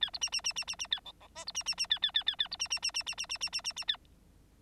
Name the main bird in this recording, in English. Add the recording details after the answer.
Bengalese Finch. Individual Bird9